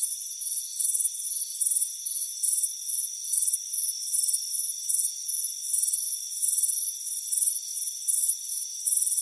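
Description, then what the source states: Cricket chirps, rapid shrill bursts in quick succession, with a steady high whine in the background. Chirping crickets on a warm afternoon at a front porch.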